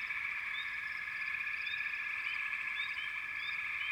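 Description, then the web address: Frog chorus, a dense steady trilling drone with short rising chirps scattered over it throughout. "Sounds of Nature Collection Frog Chourus"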